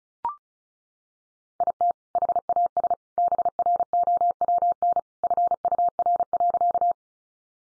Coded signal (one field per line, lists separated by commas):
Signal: Morse code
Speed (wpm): 34 wpm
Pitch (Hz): 700 Hz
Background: none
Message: IT HAS BROWN FUR.